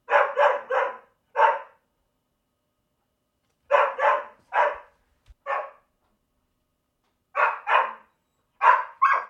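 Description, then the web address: Dog barking in short clusters of sharp barks, with silent pauses of about two seconds between bursts; about twelve barks in all. "Tom Hutchings Dog Barking 1"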